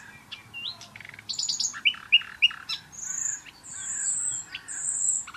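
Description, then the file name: Common nightingale song: varied phrases of high whistles, short upslurred notes and clicks, with a few pure drawn-out whistles near the end. "Luscinia megarhynchos"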